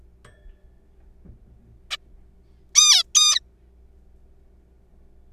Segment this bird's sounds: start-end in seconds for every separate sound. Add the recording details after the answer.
1.91-1.97, 2.75-3.03, 3.15-3.40. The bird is a juvenile. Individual R3428